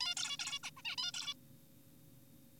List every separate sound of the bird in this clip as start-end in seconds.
0.01-0.15, 0.17-0.37, 0.39-0.59, 0.63-0.71, 0.77-0.82, 0.85-0.96, 0.98-1.12, 1.14-1.34